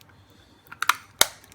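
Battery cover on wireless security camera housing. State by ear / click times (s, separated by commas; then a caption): released / 1.2 s. The plastic back battery cover of a Blink wireless security camera is pried open to reach the battery compartment, with a few small plastic clicks at 0.8 and 0.9 s. The cover comes free with a sharp snap at 1.2 s, releasing it from the camera housing.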